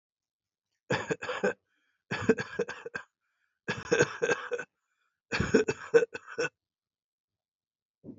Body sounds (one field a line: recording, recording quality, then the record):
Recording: shallow voluntary cough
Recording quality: excellent, no background noise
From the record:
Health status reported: healthy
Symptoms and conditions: diabetes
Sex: male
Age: 41 years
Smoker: yes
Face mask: not worn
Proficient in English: yes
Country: India